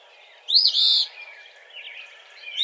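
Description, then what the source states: Eastern phoebe giving one harsh, buzzy phrase, followed by quieter, lower notes. Recorded 17 March 2007.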